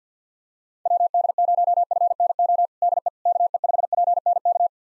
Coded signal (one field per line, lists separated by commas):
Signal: Morse code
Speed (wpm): 47 wpm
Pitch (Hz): 700 Hz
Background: none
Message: WD0FNO DE KE5PNK